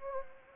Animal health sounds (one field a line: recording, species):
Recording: mosquito wingbeat signal from an infrared sensor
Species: Anopheles gambiae